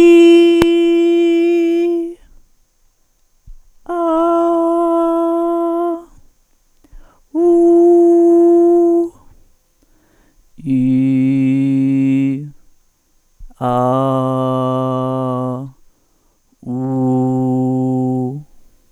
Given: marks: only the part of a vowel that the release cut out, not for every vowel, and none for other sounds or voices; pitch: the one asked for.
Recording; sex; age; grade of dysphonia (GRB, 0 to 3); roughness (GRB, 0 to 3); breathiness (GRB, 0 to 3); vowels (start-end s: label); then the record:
sustained vowels; female; 40 to 49 years; 2; 2; 2
0.64-1.81 s: vowel /i/, high pitch
4.17-5.86 s: vowel /a/, high pitch
7.46-8.58 s: vowel /u/, high pitch
11.35-12.28 s: vowel /i/, low pitch
13.74-15.50 s: vowel /a/, low pitch
16.81-18.27 s: vowel /u/, low pitch
From the record:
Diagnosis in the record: functional dysphonia, dysodia (singing voice disorder); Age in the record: 47 years